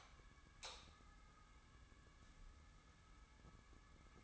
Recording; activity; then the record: daily activity, microphone in the room; light on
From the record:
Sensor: 3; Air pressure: 994.4 hPa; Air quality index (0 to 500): 212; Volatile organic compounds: 1000 ppm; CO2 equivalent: 7106 ppm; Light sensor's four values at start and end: 207/499/211/210 and 210/508/214/214